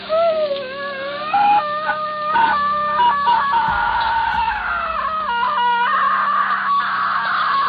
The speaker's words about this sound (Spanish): Se produjo un grito de terror que casi heló la sangre en nuestras venas. Cuando el profesor colocó la hostia sobre la frente de Mina, la había traspasado. Había quemado la frente de mi esposa, como si se tratara de un metal al rojo vivo.